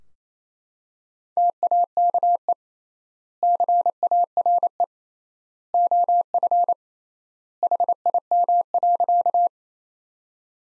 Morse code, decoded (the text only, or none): TAKE CARE OF HIM.